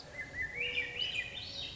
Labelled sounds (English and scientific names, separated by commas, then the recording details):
Swainson's Thrush (Catharus ustulatus)
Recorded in Sonoma County, California